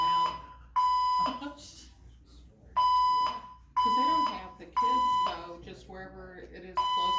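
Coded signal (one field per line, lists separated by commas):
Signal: alarm pattern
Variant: Temporal-3 1000 Hz tone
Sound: three half-second 1 kHz beeps, a longer pause, then the cycle repeats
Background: people talking indoors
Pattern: temporal three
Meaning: Fire alarm evacuation signal: leave the building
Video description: the fire alarms in the whole building started going off with this 1000hz code 3 tone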